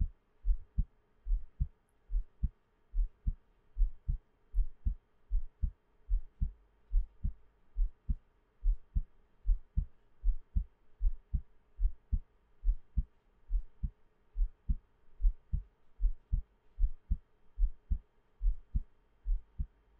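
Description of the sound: Soft, low, paired thumps repeat at a steady rate of about 72 beats per minute, with no talking. This is an adult's own heartbeat, heard close up for ASMR listening. A faint, steady low hum runs underneath.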